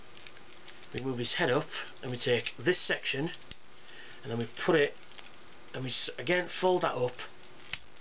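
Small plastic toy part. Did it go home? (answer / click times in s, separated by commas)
yes / 7.7 s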